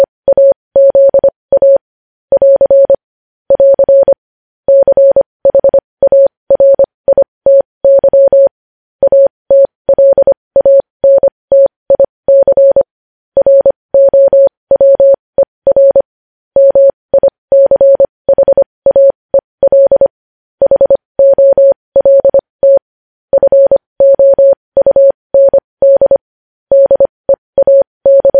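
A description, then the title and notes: Morse code tapped out as a single steady tone, a clean mid-pitched beep switching on and off in short dots and longer dashes. The keying runs continuously for the whole stretch at an even, brisk pace, with brief gaps between letters and nothing else underneath. Morse code.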